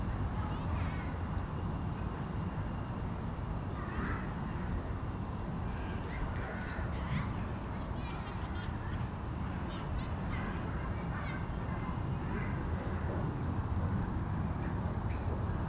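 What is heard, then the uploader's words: A busy country park hums with a steady low rumble and voices, while faint high bird chirps sound every couple of seconds. Captured in a country park on Boxing day. Families are filling the park and children are trying their new bicycles that they received for Christmas.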